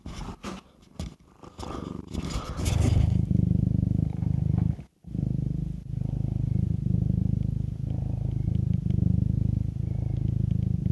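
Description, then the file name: Cat purring, a steady low rumble that runs almost unbroken after a few scratchy rustles at the start, with one short break midway. "Catsoundswav"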